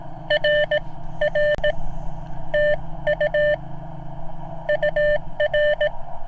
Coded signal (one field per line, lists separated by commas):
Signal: Morse code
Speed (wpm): 18 wpm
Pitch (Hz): 600 Hz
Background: none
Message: RR TU UR